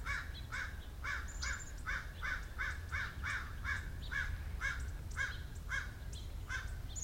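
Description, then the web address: Bird calling with rasping caws repeated rapidly, about two a second, over constant low background noise. Recorded 9 January 2015. "bird 150109"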